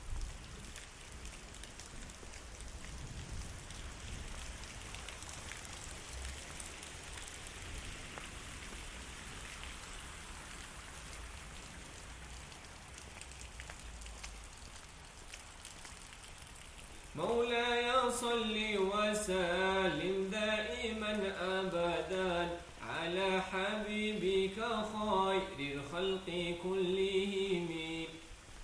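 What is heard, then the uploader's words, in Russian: Rain hisses steadily for about seventeen seconds, then a loud wavering, voice-like tonal sound takes over, pausing briefly near twenty-three seconds. Саундскейп - погружение в атмосферу Горного Дагестана. Прогуляйся по высокогорному селу Гуниб.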